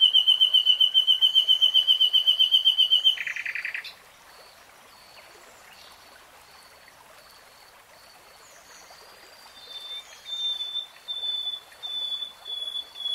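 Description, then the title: Nightingale song opening with a fast repeated whistled trill and a brief buzzy burst, followed by a quiet gap and soft sliding whistles building into separated notes. "[Tiếng chim hót] 3 Hours REALTIME Nightingale Singing"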